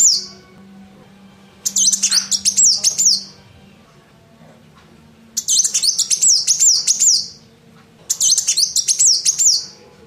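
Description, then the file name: Van Hasselt's sunbird giving three bursts of high, thin, rapid twittering with squeaky up-and-down notes, each lasting about one and a half seconds, separated by quiet gaps. Female. "kolibri wulung betina omkicau"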